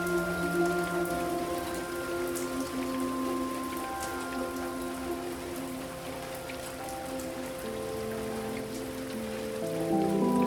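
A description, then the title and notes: Raindrops patter steadily on a roof in a dense, even hiss with small scattered taps on top. Beneath the rain runs a layer of sustained low and mid tones that hold for a few seconds, then shift pitch. The level stays constant, swelling slightly at the end. Raindrops on the Roof.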